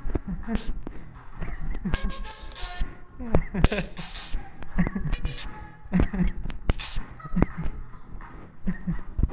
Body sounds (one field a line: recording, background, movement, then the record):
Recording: laughter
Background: music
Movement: walking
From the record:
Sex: male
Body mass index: 20.5 kg/m2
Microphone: on the chest, facing the body